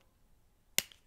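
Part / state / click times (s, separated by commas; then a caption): makeup compact lid catch / released / 0.8 s. The lid catch of a small plastic makeup compact, very hard to click open after a struggle, finally releases and the case snaps open with one sharp click at 0.8 s. A much fainter tick follows at 0.9 s, then quiet.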